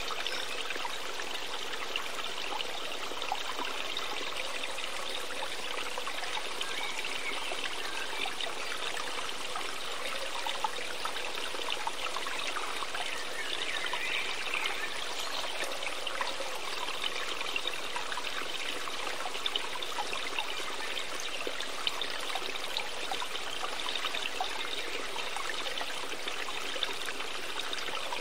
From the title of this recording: Water Sounds and Bird Songs